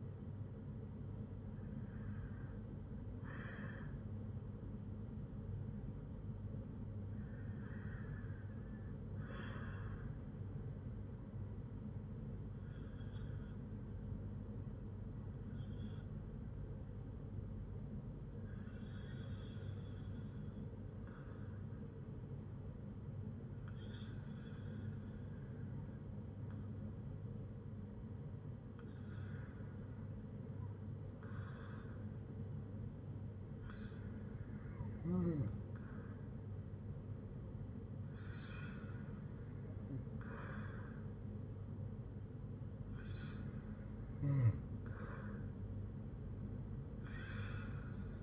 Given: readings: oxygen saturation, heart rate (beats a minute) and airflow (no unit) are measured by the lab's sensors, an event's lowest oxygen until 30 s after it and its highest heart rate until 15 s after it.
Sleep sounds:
breathing in sleep by a smartphone at the bedside; 1
12.00-35.30 s: hypopnea (REM, oxygen 96% highest, then 93% lowest, heart rate 62 at the start, 68 highest)
From the record:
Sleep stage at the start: REM sleep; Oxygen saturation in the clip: 92 to 96%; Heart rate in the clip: 60 to 66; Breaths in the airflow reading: 10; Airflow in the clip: -8.3 to 6.2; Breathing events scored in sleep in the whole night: 182 in 7.4 hours asleep

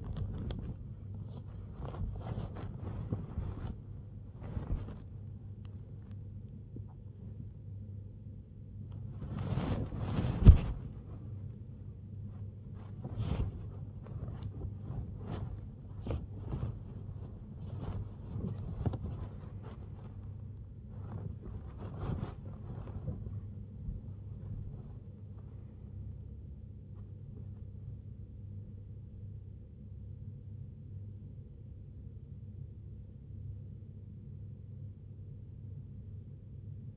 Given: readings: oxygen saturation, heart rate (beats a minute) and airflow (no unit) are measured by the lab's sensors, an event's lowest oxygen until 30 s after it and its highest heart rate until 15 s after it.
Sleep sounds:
a person awake in a sleep study, by a smartphone at the bedside; none
0.00-33.00 s: awake
30.00-36.97 s: new sleep stage, N1 (lightest sleep)
From the record:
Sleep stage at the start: awake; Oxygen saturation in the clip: 91 to 96%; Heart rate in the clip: 49 to 102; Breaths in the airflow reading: 11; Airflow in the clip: -10.9 to 10.6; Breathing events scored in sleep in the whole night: 258 in 7.4 hours asleep

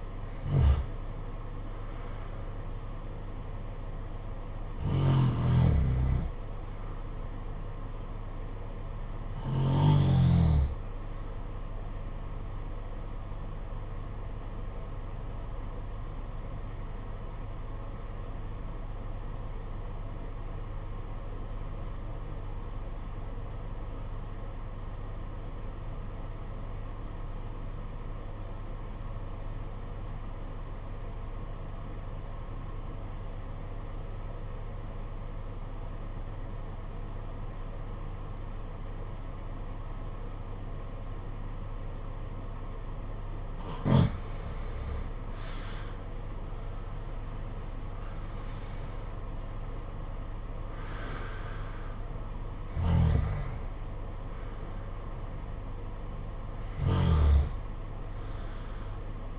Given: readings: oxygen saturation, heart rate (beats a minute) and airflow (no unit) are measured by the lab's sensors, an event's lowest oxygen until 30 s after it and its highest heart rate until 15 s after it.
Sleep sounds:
breathing in sleep by a smartphone at the bedside; 1
14.00-46.00 s: obstructive apnea (REM, oxygen 96% highest, then 73% lowest, heart rate 63 at the start, 83 highest)
From the record:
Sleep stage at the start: REM sleep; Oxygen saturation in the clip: 69 to 96%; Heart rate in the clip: 57 to 83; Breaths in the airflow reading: 8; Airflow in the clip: -12.4 to 12.0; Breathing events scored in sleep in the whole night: 476 in 9.7 hours asleep

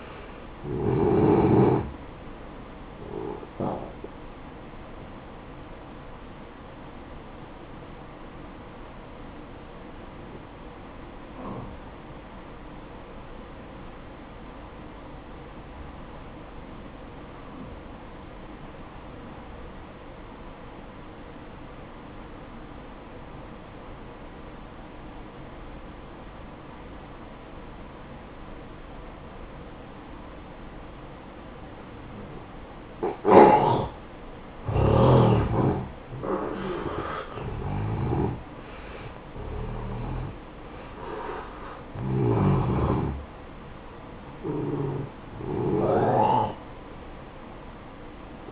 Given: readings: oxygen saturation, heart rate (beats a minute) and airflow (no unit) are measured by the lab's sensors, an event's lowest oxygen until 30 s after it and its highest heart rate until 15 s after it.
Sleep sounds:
breathing in sleep by a voice recorder at the bedside; 1
5.00-48.52 s: new sleep stage, N1 (lightest sleep)
6.00-34.30 s: hypopnea (N1, oxygen 93% highest, then 86% lowest, heart rate 63 at the start, 70 highest)
From the record:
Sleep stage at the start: N2 (light sleep); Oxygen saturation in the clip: 87 to 93%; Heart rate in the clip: 54 to 70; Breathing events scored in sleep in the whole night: 573 in 9.8 hours asleep

